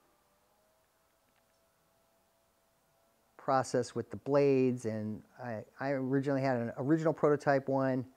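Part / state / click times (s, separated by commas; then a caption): cigar cutter blade part into cutter body / not seated / none. A blade part of a new cigar cutter is handled against the cutter body, with parts meant to snap together, unlike the original prototype. After about 3.3 seconds of near silence with a faint steady hum, someone talks for the rest of the clip. Nothing has seated or clicked into place yet.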